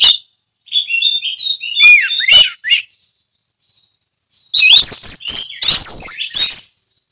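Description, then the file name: Orange-headed thrush song with jumbled whistles and rasping notes, a quiet pause, then a loud run of looping, swooping whistles. Song delivered in the ngeplong style. "anis merah ngeplong"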